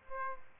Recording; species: mosquito wingbeat signal from an infrared sensor; Aedes aegypti